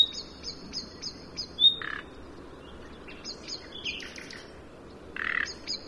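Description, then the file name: Common nightingale whistles and rough, buzzy notes, with a quick series of high repeated notes at the start and more chirps later. "Luscinia megarhynchos"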